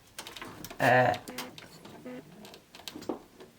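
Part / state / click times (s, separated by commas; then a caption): 24-pin power connector into motherboard socket / seated / 2.9 s. A 24-pin motherboard power connector is pushed into its socket on the motherboard while someone talks, with scattered small clicks and handling noises throughout. A sharp click at 2.9 s marks the connector latching into place, confirming it is seated.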